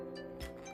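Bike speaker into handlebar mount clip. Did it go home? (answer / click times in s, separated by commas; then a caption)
no / none. A speaker is handled at the handlebar mount of a DeLorean 750W LowStep folding e-bike, over a steady tonal background with a brief, soft broadband swell around 0.4 s. Nothing has seated or clicked into the mount yet.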